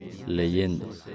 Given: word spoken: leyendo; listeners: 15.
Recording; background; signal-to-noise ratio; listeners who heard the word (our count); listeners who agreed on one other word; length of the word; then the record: one Spanish word in noise, from a listening test; eight-talker babble; 12.6 dB; 6 of 15; 8 of 15; 0.75 s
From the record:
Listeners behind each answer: 8, 6, 1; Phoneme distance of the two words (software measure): 10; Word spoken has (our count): 3 syllables, 7 phonemes, stress on syllable 2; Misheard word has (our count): 3 syllables, 7 phonemes, stress on syllable 2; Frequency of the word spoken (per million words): 16.73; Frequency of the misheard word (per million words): 21.73